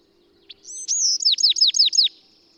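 Bird song phrase: a brief introductory note, a high sustained whistle, then five or six quick, steeply falling notes in a tight series.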